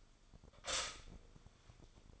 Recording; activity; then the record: daily activity, microphone in the room; stop toaster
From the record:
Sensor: 5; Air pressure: 1004.3 hPa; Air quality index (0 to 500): 168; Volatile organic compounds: 4 ppm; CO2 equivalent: 1580 ppm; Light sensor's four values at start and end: 33/108/41/41 and 34/108/41/41